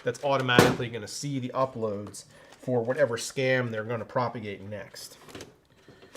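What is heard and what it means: A PC component, unspecified, is pressed into its mount in the case or on the motherboard during a gaming PC build. Someone talks for most of the clip, and only faint mechanical ticks follow near the end. Nothing has seated or clicked yet; the part is not seated right and something seems to be in the way.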